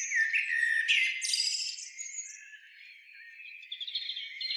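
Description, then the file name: Eurasian blackbird starting with loud, rough squawking notes, then fading into quieter, thin whistled and twittering sounds. "Turdus merula"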